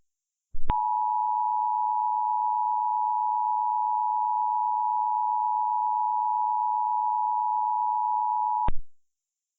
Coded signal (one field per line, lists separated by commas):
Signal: Emergency Alert System (SAME) tones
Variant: 853 and 960 Hz attention tone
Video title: If CDC Toned the Message - EAS Mock (READ DESC)